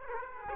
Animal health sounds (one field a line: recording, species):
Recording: mosquito wingbeat signal from an infrared sensor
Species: Aedes aegypti